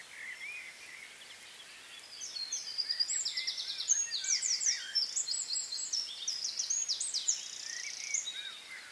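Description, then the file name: Eurasian wren song starting after a quiet opening: a sustained stream of high, rapid trills and rattles, with faint lower chirps. "Troglodytes troglodytes"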